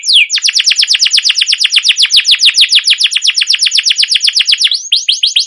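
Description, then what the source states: Canary song: a fast, even run of bright downslurred notes, with a brief break near the end before it resumes. Trilling song style called ngerol, with cuit cuit notes; a long gacor master recording used as a lure to stimulate and train other canaries.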